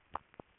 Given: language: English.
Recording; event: throat vibration sensor signal played as sound; swallow